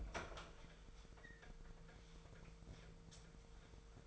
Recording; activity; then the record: daily activity, microphone in the room; open fridge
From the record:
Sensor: 5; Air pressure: 1014.9 hPa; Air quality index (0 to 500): 174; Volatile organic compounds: 6 ppm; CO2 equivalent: 1906 ppm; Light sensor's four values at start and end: 53/123/51/54 and 57/133/55/59